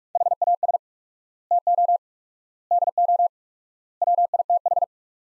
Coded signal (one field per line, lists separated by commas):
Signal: Morse code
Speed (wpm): 46 wpm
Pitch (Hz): 700 Hz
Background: none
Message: HAS TO DO WITH